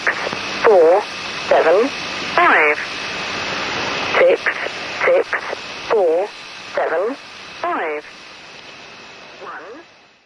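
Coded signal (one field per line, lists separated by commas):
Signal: numbers station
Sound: short spoken words about once a second through hiss, with a faint steady whine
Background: radio static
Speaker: you've just heard is a number station, a shortwave radio frequency that generally broadcasts number sets, and in some cases an identifier that precludes the seemingly random string of numbers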